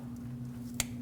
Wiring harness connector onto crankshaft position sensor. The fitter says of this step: Make sure you listen for a click so you know it's locked.